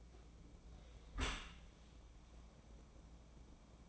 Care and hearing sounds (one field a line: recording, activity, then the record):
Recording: daily activity, microphone in the room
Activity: close dishwasher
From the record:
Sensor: 1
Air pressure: 1012.4 hPa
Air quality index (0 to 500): 172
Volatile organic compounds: 3 ppm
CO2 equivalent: 1404 ppm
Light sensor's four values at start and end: 320/725/323/351 and 320/726/323/351